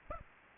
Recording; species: mosquito wingbeat signal from an infrared sensor; Aedes aegypti